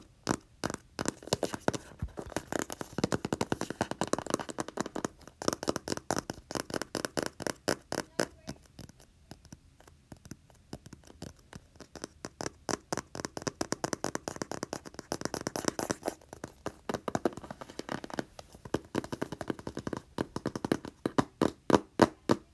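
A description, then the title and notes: Rapid tapping and keyboard typing in crisp, dense bursts of clicks, easing into a quieter, sparser stretch near the middle before quickening again. Tapping. Keyboard typing. Just not talking.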